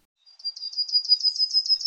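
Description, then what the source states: Yellowhammer song, a fast run of thin, high, similar notes on nearly one pitch. Song remembered by the mnemonic 'little bit of bread, no cheese'.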